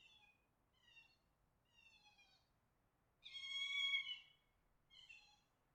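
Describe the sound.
Fox mating call: a run of short, harmonic-rich wailing cries, with one louder drawn-out scream near the middle and a brief cry at the end, over faint background hiss.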